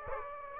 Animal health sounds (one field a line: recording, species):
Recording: mosquito wingbeat signal from an infrared sensor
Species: Aedes aegypti